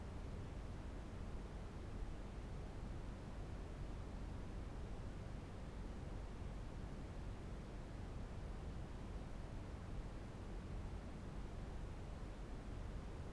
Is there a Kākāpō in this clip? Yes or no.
no